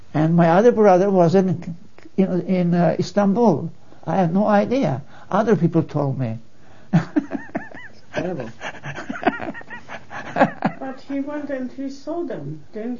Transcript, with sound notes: And my other brother was in - in Istanbul. I had no idea. Other people told me. (laughs a lot)
But he went and he saw them - didn't you?